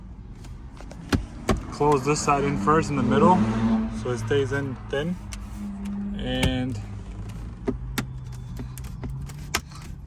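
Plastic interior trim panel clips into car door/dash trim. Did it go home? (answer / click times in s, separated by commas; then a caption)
yes / 8.0 s, 8.8 s, 9.5 s. On a 2018–2023 Honda Accord, a plastic interior trim panel is pressed closed along one side after an ambient light strip has been tucked into the trim gap. Someone talks, then the panel's clips snap in one after another with sharp clicks at about 8.0, 8.8 and 9.6 seconds. The clips seat and the trim panel sits closed.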